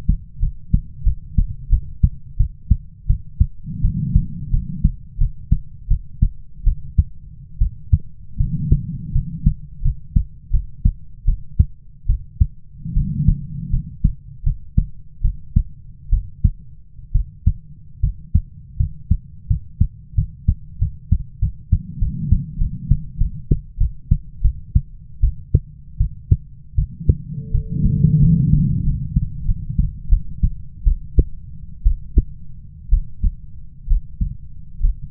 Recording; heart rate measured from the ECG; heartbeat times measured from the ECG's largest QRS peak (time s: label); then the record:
heart sounds by stethoscope; 80 bpm
0.40 s: heartbeat
1.04 s: heartbeat
1.70 s: heartbeat
2.37 s: heartbeat
3.07 s: heartbeat
3.82 s: heartbeat
4.51 s: heartbeat
5.18 s: heartbeat
5.88 s: heartbeat
6.64 s: heartbeat
7.59 s: heartbeat
8.38 s: heartbeat
9.13 s: heartbeat
9.82 s: heartbeat
10.51 s: heartbeat
11.25 s: heartbeat
12.07 s: heartbeat
12.94 s: heartbeat
13.70 s: heartbeat
14.44 s: heartbeat
15.22 s: heartbeat
16.10 s: heartbeat
17.12 s: heartbeat
18.01 s: heartbeat
18.77 s: heartbeat
19.47 s: heartbeat
20.15 s: heartbeat
20.79 s: heartbeat
21.39 s: heartbeat
21.99 s: heartbeat
22.58 s: heartbeat
23.18 s: heartbeat
23.78 s: heartbeat
24.42 s: heartbeat
25.21 s: heartbeat
25.98 s: heartbeat
26.75 s: heartbeat
27.52 s: heartbeat
28.20 s: heartbeat
28.84 s: heartbeat
29.46 s: heartbeat
30.09 s: heartbeat
30.84 s: heartbeat
31.83 s: heartbeat
32.90 s: heartbeat
33.87 s: heartbeat
34.80 s: heartbeat
From the record:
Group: healthy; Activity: rest 0-27 s, breath hold 27-35 s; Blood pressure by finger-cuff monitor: 102/66 mmHg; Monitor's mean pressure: 80 mmHg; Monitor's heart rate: 81 bpm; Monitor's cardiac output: 7.3 L/min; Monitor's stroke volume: 89 mL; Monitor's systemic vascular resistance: 790 dyn s/cm5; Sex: female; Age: 22 years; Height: 157 cm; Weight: 47.6 kg